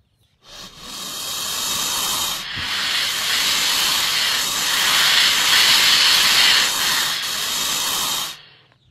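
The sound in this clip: Anaconda hiss: one long, breathy, continuous hiss lasting about eight seconds, swelling slightly in the middle before cutting off, with no other sounds.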